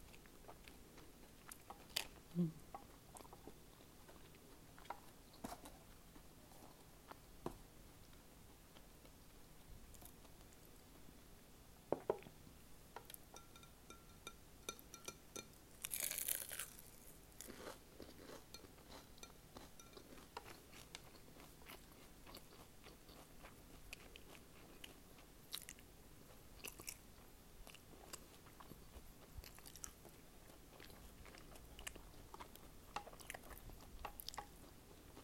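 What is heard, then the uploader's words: Someone eats salmon egg rolls with strawberry yogurt and orange juice, with irregular bites, crunches and wet chewing clicks throughout. A louder crunch or clink stands out around sixteen seconds, over a faint low hum. Sharing my first time enjoying Salmon Egg Rolls. Salmon Egg Rolls paired with Strawberry Yogurt and Orange Juice.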